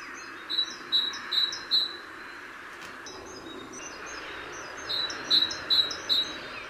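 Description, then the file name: Great tit calls, a quick series of four sharp high notes near the start and another four-note burst toward the end, over steady background hiss. "Parus major"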